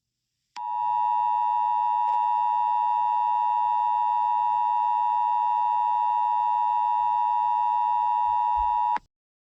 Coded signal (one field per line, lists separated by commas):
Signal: Emergency Alert System (SAME) tones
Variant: 853 and 960 Hz attention tone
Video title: EAS SCENARIO 25: Dragon Maleficent's Rampage